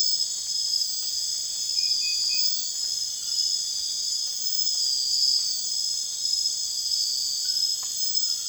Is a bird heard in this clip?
no